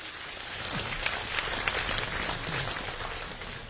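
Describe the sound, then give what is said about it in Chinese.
An audience claps steadily, a dense, even wash of applause that keeps a constant level from start to finish without building or fading, welcoming a performer onto the stage at a crosstalk (xiangsheng) comedy show. “这么着今天让我的搭档来逗活我，来给他捧哏，掌声有请”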